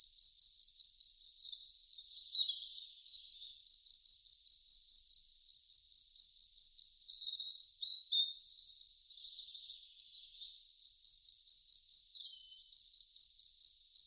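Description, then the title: Field cricket: repeated high chirps in steady runs broken by short pauses. Recorded at Buoux, Vaucluse, in 2007. "Sylvain Jaskowiak - Animus. Grillon champêtre - Buoux, Vaucluse-2007"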